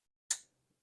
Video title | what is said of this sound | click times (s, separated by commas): The 1968 Ford wagon get tons of new parts. | Fits. Clicks right in. | 0.3 s